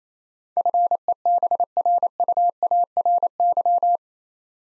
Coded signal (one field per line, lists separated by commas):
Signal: Morse code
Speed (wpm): 27 wpm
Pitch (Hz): 700 Hz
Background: none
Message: FEBRUARY